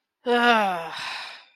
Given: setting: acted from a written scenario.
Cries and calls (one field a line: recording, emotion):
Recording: vocal sound without words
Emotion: anger